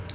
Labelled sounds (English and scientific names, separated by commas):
Palm Warbler (Setophaga palmarum) flight call